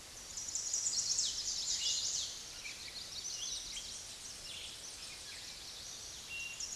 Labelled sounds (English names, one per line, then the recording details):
Chestnut-sided Warbler song
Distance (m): 30 m
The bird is about 5 m above the microphone
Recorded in a Pennsylvania forest on 16 May 2024 at 06:14
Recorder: AudioMoth, point MSD-2074
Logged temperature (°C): 16.3 °C
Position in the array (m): 170 m, 177 m